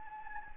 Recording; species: mosquito wingbeat signal from an infrared sensor; Anopheles gambiae